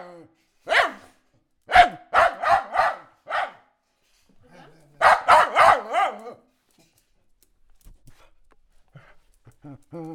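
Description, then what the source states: Dog barking and crying, single sharp barks then quick runs of four or five barks, with fainter whining tones near the end. Dog crying as well as barking.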